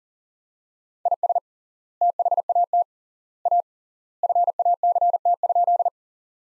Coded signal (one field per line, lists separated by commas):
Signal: Morse code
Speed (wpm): 40 wpm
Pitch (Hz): 700 Hz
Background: none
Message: IS THAT A FACT?